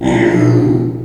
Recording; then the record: squeal of a Yucatan mini pig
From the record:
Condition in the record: before surgery on the right vocal fold (resection and tissue-engineered implant); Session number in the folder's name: 2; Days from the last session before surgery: -15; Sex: female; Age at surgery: 19 weeks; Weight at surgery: 25 kg